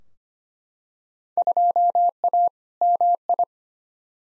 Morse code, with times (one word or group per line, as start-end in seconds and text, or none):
1.4-2.5 2A
2.8-3.4 MI